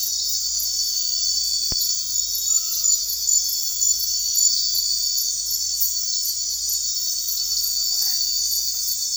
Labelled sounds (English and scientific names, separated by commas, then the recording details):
none
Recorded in secondary vegetation near Puerto Asís, Putumayo, Colombia, on 8 March 2025 at 23:00
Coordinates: 0.499, -76.323
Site G094